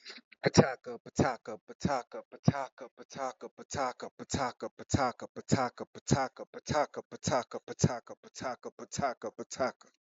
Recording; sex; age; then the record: repeated syllables /pa ta ka/; male; 30 to 39 years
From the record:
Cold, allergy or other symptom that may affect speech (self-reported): no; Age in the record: 37 years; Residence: Missouri, United States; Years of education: 16